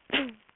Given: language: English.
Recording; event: throat vibration sensor signal played as sound; cough